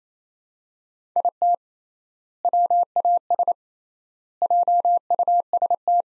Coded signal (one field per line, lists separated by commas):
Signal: Morse code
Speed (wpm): 28 wpm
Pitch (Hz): 700 Hz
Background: none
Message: IT WAS JUST